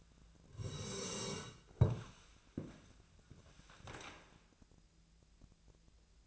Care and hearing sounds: daily activity, microphone in the room; sit down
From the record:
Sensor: 2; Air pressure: 1000.2 hPa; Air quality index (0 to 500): 158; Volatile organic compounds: 3 ppm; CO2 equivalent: 1319 ppm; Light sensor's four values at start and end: 9/18/8/9 and 9/20/9/9

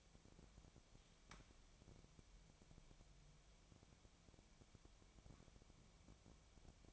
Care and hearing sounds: daily activity, microphone in the room; wipe stove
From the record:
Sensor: 1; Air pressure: 1007.1 hPa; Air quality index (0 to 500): 205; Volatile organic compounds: 22 ppm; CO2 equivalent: 2765 ppm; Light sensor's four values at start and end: 13/32/13/14 and 13/32/13/14

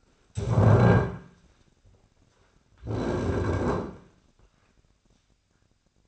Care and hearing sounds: daily activity, microphone in the room; stand up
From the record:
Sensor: 2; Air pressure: 1009.1 hPa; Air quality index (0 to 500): 168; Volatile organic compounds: 2 ppm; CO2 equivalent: 1227 ppm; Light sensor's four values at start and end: 38/102/43/48 and 42/111/46/51

